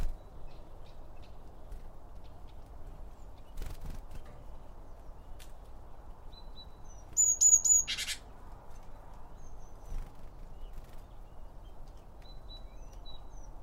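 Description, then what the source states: Small birds chirping: a quick burst of three high, thin notes midway through, with a few faint scattered chirps and a low steady background hiss. Birds around a bird feeder, recorded with two Line Audio OM 1 microphones.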